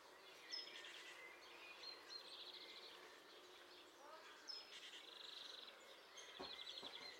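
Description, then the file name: European robin giving faint, high, rapid trilled bursts and thin notes in short separated phrases, with a brief low thump near the end. "Erithacus rubecula"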